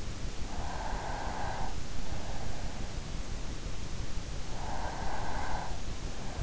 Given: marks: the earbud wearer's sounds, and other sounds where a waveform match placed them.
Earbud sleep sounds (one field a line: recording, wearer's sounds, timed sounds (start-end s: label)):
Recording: sounds in sleep by an in-ear microphone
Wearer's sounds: breath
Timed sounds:
0.17-2.05 s: breath
4.28-6.23 s: breath